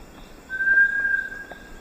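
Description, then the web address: Bartlett's tinamou song: a single steady, pure whistled note lasting over a second, with faint background hiss. Song recorded in the eastern lowlands of South America. "S America Eastern Lowlands. Crypturellus bartletti, song"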